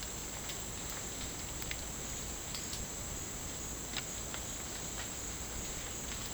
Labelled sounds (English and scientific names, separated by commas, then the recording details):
none
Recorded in dense forest near Puerto Asís, Putumayo, Colombia, on 24 June 2025 at 15:00
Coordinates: 0.499, -76.324
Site G100